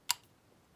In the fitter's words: hear that click